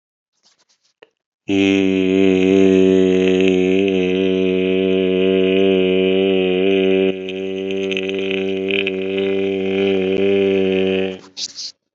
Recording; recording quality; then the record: sustained vowel as in made; excellent, no background noise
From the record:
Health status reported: COVID-19 positive, mild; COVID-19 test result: positive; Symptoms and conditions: cough, fever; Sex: male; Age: 45 years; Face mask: worn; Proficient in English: yes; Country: India